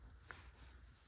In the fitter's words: Action camera हमारा इस pod के अंदर क्लिक हो जाएगा। ऐसे